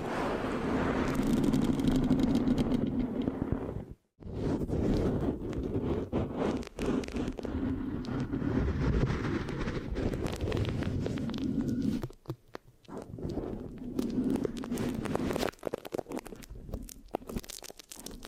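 Mic scratching with dense, continuous rustling and scraping that stays mostly low and full, broken by a brief dead silence near four seconds. After about twelve seconds the texture thins into sharper, sticky tapping and crackling bursts with short gaps between them.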